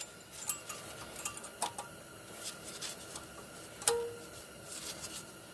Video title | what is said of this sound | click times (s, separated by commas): 2007 Pontiac G6 Front & Rear Brakes | And it should click in just like that. | 3.9 s